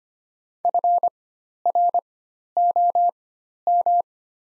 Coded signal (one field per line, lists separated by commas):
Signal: Morse code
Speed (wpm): 25 wpm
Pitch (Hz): 700 Hz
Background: none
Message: FROM